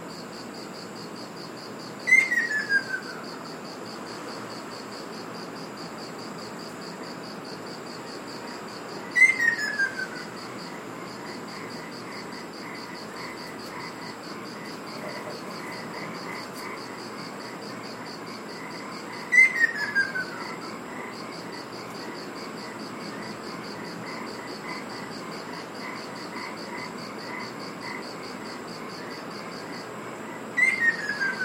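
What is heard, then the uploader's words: A Ruddy Kingfisher gives a clear descending whistled call about every ten seconds, each sliding down from high to lower pitch and trailing off quickly. Between calls, a steady high insect drone and a soft even hiss continue throughout. 赤翡翠 - Ruddy Kingfisher. Recorded in Iriomote Island Okinawa Japan.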